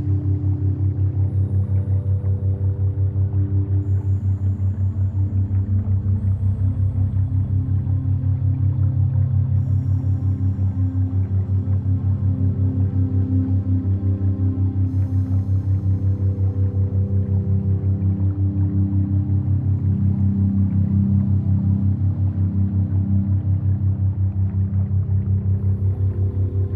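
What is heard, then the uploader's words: A steady binaural beats tone hums low and constant for the whole stretch, with a deep drone near the bottom and a warm, slowly wavering layer of soft tones above it. The loudness never changes, and faint high glints drift in now and then. Binaural Beats Theta.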